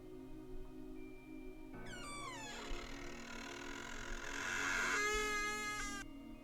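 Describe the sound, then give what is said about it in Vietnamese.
A damp, mouldy wooden door is slowly pushed open by a man stepping into a house, creaking in one long, drawn-out squeal, its pitch bending downward and then holding in a whining groan for about four seconds before cutting off, while winter rain falls outside. No one speaks. “Tiếng cánh cửa gỗ ẩm mốc, kẽo cả kẽo kẹt, vang lên.”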